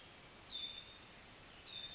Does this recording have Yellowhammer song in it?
no